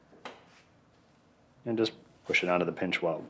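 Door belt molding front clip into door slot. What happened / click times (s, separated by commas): The plastic trim clip snapped into its slot / 0.2 s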